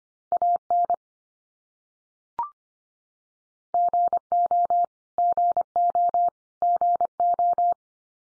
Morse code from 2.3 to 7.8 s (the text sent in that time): GO GO GO